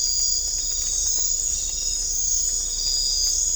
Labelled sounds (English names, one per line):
none